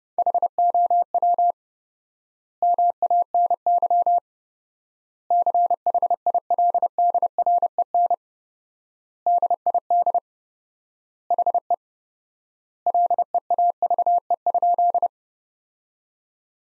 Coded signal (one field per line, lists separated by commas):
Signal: Morse code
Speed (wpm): 30 wpm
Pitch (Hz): 700 Hz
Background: none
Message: HOW MANY CHILDREN DID HE LEAVE?